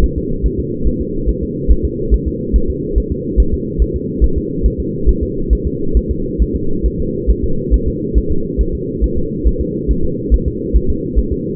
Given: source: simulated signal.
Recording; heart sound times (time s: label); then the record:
fetal heart sounds
0.04 s: S1
0.18 s: S2
0.46 s: S1
0.59 s: S2
0.88 s: S1
1.01 s: S2
1.29 s: S1
1.43 s: S2
1.72 s: S1
1.85 s: S2
2.14 s: S1
2.28 s: S2
2.56 s: S1
2.70 s: S2
2.98 s: S1
3.12 s: S2
3.40 s: S1
3.54 s: S2
3.82 s: S1
3.96 s: S2
4.24 s: S1
4.38 s: S2
4.66 s: S1
4.80 s: S2
5.09 s: S1
5.23 s: S2
5.53 s: S1
5.67 s: S2
5.97 s: S1
6.11 s: S2
6.42 s: S1
6.56 s: S2
6.86 s: S1
7.00 s: S2
7.30 s: S1
7.44 s: S2
7.74 s: S1
7.88 s: S2
8.18 s: S1
8.31 s: S2
8.61 s: S1
8.75 s: S2
9.04 s: S1
9.18 s: S2
9.47 s: S1
9.61 s: S2
9.91 s: S1
10.05 s: S2
10.34 s: S1
10.48 s: S2
10.76 s: S1
10.90 s: S2
11.19 s: S1
11.32 s: S2
From the record:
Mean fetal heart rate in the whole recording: 140 bpm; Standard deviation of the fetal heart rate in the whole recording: 2 bpm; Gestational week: 34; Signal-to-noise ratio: -8.1 dB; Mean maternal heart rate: 72 bpm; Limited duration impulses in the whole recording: absent